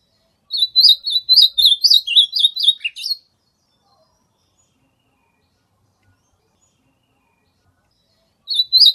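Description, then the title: Ultramarine grosbeak song: a fast warbled phrase of high notes lasting about two and a half seconds, ending with a lower falling note, then silence before the next phrase begins. Wild, natural song from the bush. "AZULÃ O O VERDADEIRO CANTO DO MATO"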